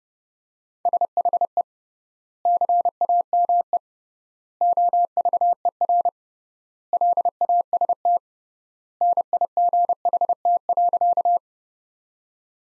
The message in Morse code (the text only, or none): SHE CAME OVER LAST NIGHT.